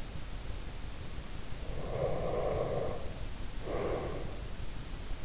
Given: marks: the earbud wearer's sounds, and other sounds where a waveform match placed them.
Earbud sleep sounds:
sounds in sleep by an in-ear microphone; breath
1.69-4.35 s: breath

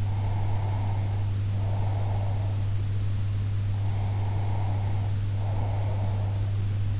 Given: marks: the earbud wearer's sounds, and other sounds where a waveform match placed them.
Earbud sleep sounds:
sounds in sleep by an in-ear microphone; breath
0.00-2.57 s: breath
3.82-6.54 s: breath

